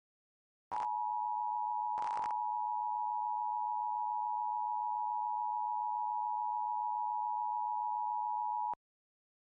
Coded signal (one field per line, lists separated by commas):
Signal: Emergency Alert System (SAME) tones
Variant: 853 and 960 Hz attention tone